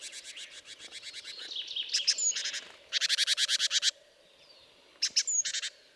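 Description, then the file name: Great tit churring calls: fast rasping rattles repeated in bursts, one long string of evenly spaced harsh notes, over a steady low hum. "Parus major"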